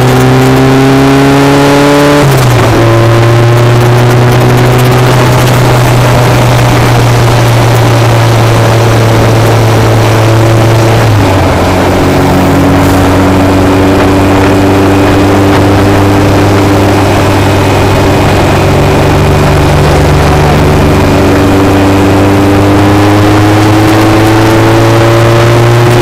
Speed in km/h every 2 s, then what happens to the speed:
85, 93, 95, 85, 84, 84, 84, 89, 89, 87, 85, 100, 109.
0-4 speeds up to 95. 4-7 brakes to 84. 7-20 steady at about 85. 20-26 speeds up to 109.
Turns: none.